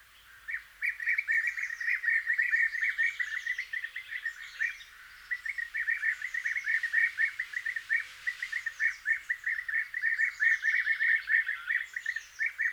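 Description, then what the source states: European bee-eater flock giving rolling, liquid trilled calls, many birds overlapping almost continuously with a short lull midway. Small flock on a spring migratory stopover in a village, May 2020, after returning from wintering grounds in late April to early May, before settling.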